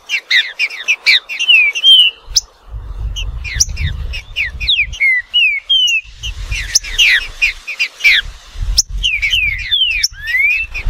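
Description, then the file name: Green-winged saltator song: rapid run of clear whistled notes, many sharply down-slurred, with a few rising phrases, over intermittent low rumbling thuds. "canto do trinca ferro"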